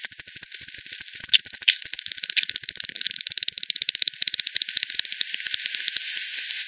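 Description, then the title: Bat calls: fast, crowded clicks at the start slow and fade into sparser ticks and hiss toward the end. Multiple bats at Hogsmill River, Hogsmill Lane, 7 October 2020 at 18:10; frequency-divided by ten, bandpass-filtered and resampled. "WW bat 20201007 T 18 : 10 Z-Hogsmill-Lane-Hogsmill-River-multiple-bats"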